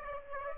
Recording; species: mosquito wingbeat signal from an infrared sensor; Aedes aegypti